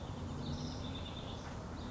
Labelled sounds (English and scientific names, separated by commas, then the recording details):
House Wren (Troglodytes aedon)
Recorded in Sonoma County, California